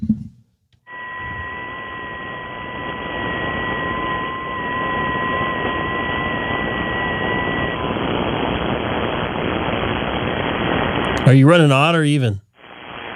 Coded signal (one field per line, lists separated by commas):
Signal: FT8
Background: speech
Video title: 🔴 K6EGG stream 12/26/25 DMR, DStar, HF and FT8 Icom IC-9700 AND IC-7610 HF antenna